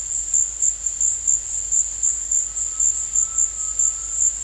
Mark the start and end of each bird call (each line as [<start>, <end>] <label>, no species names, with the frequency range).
[2.45, 4.23] bird call (0.8-1.9 kHz)